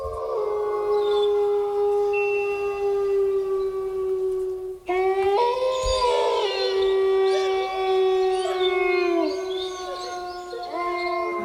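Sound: wolf howling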